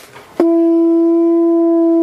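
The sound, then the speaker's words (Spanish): An atecocoli, a water-snail conch shell trumpet used in dances, is blown in one long, loud blast: a low, steady, horn-like tone that starts abruptly after a brief hush and holds unwavering until the end. “El atecocoli, el caracol de agua, por ahí está. Es utilizado también en las danzas”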